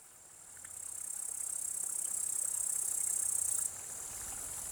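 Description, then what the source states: Bush-cricket stridulation, one sustained high-pitched buzz that builds gradually over three seconds then cuts off abruptly, leaving faint insect hiss. Alpine pasture at Vallon de Combeau, Vercors, 7 August 2020 at 16:10; sings in early evening; recorded with Nagra Seven recorder and B&K omnidirectional microphone.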